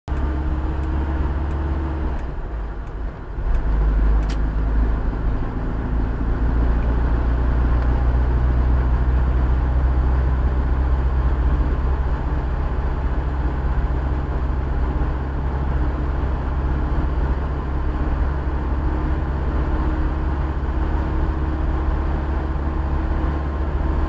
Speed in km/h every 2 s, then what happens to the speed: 40, 41, 44, 46, 50, 53, 53, 52, 53, 54, 56, 57.
0-11 speeds up to 53. 11-24 steady at about 53.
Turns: none.